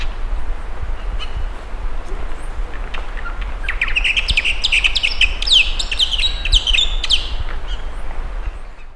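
Bird song: a busy jumble of high chirps and sweeping twittering notes building in the middle, over steady low rumbling noise.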